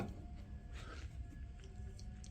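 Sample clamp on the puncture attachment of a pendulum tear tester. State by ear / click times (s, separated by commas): seated / 2.0 s, 2.2 s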